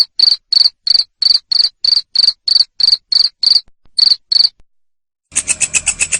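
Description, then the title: Cricket chirps in a quick, fairly regular series, then stop; a different buzzy pulsed sound follows near the end. Loud cricket chirping used to stimulate lovebirds to sing continuously. "Suara JANGKRIK NGERIK Keras Bikin LOVEBIRD Jadi NGEKEK Terus Vubey"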